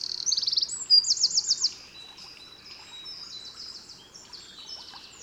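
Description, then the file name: Eurasian wren song with quick high trills and a loud rattling phrase near the start, then fainter chattering notes. "Troglodytes troglodytes"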